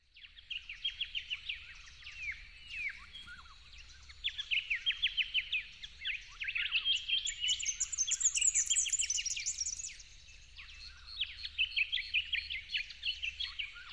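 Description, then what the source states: Yellow-faced honeyeater song: rapid runs of sharp, chirpy notes repeated in quick bursts, with brighter, higher phrases in the middle. At dawn, dated 08/01/12.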